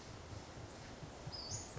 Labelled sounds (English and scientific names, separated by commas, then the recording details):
Western Flycatcher (Empidonax difficilis)
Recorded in Sonoma County, California